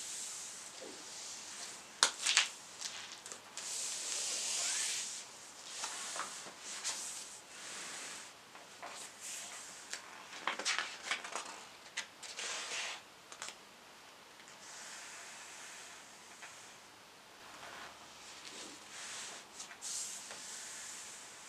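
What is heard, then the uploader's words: Pages turn in a series of soft papery rustles and crisp flicks, with a sharp snap near two seconds and another burst around twelve. The sounds are bright and hissy, coming in irregular bunches with quieter pauses and light rubbing between them. Page Turning, Softly Spoken. The general soft speech and page-turning.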